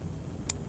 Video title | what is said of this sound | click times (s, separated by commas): *Soup Sandwich* live stream. Emerson, GAW, TwoSuns, etc. *Why Companies shouldn't Send Me free Stuff | didn't catch right away but i thought that was neat nice to have it lock in place | 0.5 s